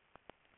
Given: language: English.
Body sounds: throat vibration sensor signal played as sound; swallow

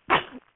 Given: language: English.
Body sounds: throat vibration sensor signal played as sound; cough

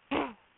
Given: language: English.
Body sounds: throat vibration sensor signal played as sound; throat clearing

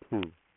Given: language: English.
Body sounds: throat vibration sensor signal played as sound; speech

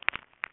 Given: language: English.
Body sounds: throat vibration sensor signal played as sound; swallow

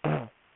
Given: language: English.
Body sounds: throat vibration sensor signal played as sound; throat clearing

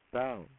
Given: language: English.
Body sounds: throat vibration sensor signal played as sound; speech

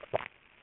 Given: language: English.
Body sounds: throat vibration sensor signal played as sound; swallow

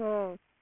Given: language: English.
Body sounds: throat vibration sensor signal played as sound; speech

